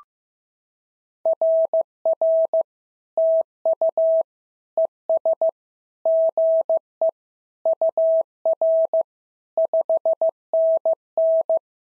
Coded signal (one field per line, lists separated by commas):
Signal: Morse code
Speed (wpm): 14 wpm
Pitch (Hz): 650 Hz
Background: none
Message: RR TU ES GE UR 5NN